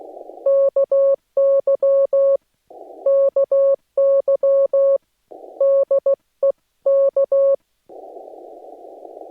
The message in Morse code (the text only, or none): KY KY DEK